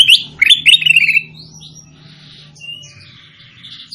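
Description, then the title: Sooty-headed bulbul giving a fast, bubbly phrase of bright chirping notes, followed by softer scattered whistles over a low hum. "Suara Burung Kutilang"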